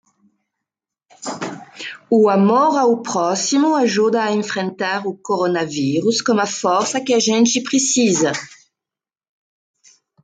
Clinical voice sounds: spoken sentence; Brazilian Portuguese; female; 40 to 49 years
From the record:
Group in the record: control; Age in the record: 44 years

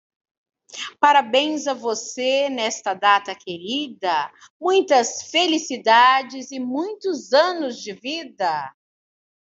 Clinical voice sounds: short text; Brazilian Portuguese; female; 50 to 59 years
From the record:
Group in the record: control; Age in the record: 50 years

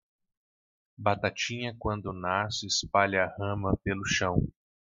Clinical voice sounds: short text; Brazilian Portuguese; male; 30 to 39 years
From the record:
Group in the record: control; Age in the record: 30 years

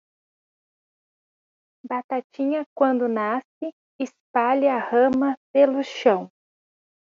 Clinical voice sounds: short text; Brazilian Portuguese; female; 30 to 39 years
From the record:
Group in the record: control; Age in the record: 38 years

